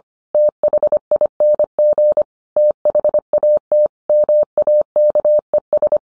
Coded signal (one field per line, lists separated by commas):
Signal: Morse code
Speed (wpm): 25 wpm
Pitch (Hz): 600 Hz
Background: none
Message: THING THAT MAKES